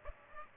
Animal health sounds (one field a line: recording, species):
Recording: mosquito wingbeat signal from an infrared sensor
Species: Aedes aegypti